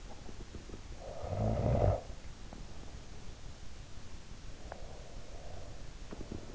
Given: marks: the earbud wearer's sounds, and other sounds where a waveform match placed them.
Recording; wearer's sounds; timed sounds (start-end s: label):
sounds in sleep by an in-ear microphone; snoring breath, breath
0.52-2.94 s: snoring breath
4.30-6.55 s: breath